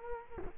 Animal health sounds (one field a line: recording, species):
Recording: mosquito wingbeat signal from an infrared sensor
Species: Culex quinquefasciatus